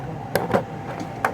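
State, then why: Seated. The outer plastic bar holding a face shield's visor is pushed onto the protrusions of the inner headband bar, a snap that takes some force. Sharp plastic clicks are heard at 0.4 s and 1.3 s, with a softer handling sound between them. The frame snaps into place and is seated.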